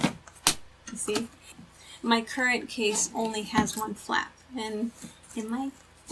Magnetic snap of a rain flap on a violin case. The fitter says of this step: magnetic snaps can you hear that